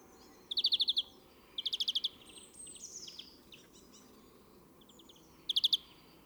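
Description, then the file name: European greenfinch giving short quick trills, then soft scattered twitters, and a final brief trill after a pause. "Chloris chloris"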